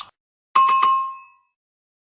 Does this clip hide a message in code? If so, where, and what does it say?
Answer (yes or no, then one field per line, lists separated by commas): no